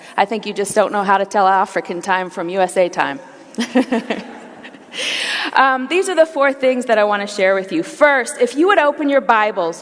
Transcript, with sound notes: I think you just don’t know how to tell African time from USA time! (laughter) These are the four things that I want to share with you. First, if you would open your Bibles.